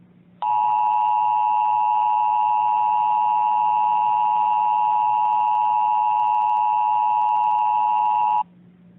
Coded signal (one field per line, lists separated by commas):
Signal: Emergency Alert System (SAME) tones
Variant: 853 and 960 Hz attention tone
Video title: EAS Scenario: Two Cars and A Fuel Truck Disaster